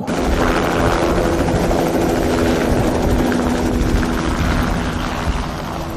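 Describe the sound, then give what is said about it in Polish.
A police helicopter's rotor and engine roar steadily and loudly for the whole stretch, a dense, churning noise with a low droning hum running underneath, and no voices; a Radio Łódź reporter is on board. “Na pokład śmigłowca wsiadł”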